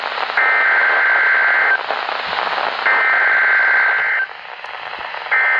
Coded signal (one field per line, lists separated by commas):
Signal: Emergency Alert System (SAME) tones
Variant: header bursts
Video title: Flood Warning (EAS #636)